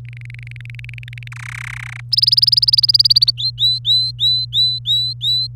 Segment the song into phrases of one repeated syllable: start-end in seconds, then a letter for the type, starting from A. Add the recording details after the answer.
0.08-1.28 A, 1.32-2.00 B, 2.12-3.31 C, 3.37-5.47 D. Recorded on 27 April 2018 at 08:50. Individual llb3